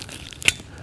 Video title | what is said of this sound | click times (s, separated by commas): Tourniquet Application | and you see those two little knobs in there it clicks in there and that's telling you that | 0.5 s